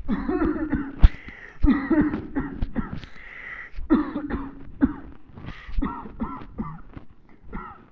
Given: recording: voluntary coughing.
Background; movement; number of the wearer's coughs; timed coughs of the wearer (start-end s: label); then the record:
quiet; sitting; 14
0.07-0.47 s: cough
0.42-0.69 s: cough
0.69-1.00 s: cough
1.64-1.99 s: cough
1.94-2.29 s: cough
2.33-2.66 s: cough
2.73-3.07 s: cough
3.88-4.28 s: cough
4.28-4.66 s: cough
4.79-5.10 s: cough
5.80-6.13 s: cough
6.13-6.56 s: cough
6.56-6.94 s: cough
7.46-7.85 s: cough
From the record:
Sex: male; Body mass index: 21.0 kg/m2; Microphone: on the chest, facing the body